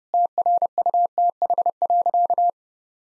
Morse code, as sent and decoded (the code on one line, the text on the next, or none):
- .-. ..- - .... .-.-.-
TRUTH.